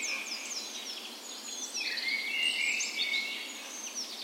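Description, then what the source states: Birds in a birds, several singing at once, overlapping high whistles, trills and chirps with a brief louder burst of song midway. Birds on the morning of 17 May, Norway's National Day, in a park west in Bergen, Norway, in spring; Sony PCM A10 recorder with LOM micro Usi mics as tree ears.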